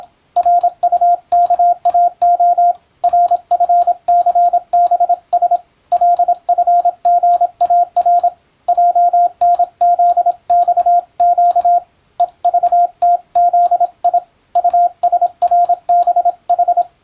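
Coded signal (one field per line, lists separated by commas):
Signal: Morse code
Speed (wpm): 27 wpm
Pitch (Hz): 700 Hz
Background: radio noise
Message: RUKAO RFCBS LFGAR JNZXQ EVTZI USRBH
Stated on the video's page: Morse receiving practice for the Japanese radiotelegraph operator national exam, using telegram practice text.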